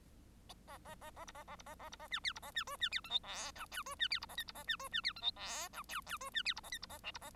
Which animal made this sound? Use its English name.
Bengalese Finch